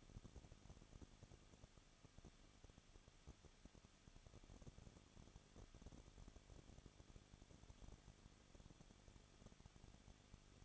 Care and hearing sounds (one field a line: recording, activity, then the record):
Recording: daily activity, microphone in the room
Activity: no activity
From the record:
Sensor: 4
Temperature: 23.1 degrees Celsius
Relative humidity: 34.1%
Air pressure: 1007.2 hPa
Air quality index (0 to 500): 217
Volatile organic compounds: 15 ppm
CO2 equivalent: 2510 ppm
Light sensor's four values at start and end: 2/3/1/1 and 2/3/1/1